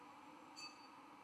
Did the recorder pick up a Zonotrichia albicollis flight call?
no